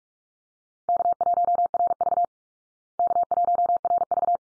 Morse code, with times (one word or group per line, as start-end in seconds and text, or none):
0.9-2.2 K1RV
3.0-4.4 K1RV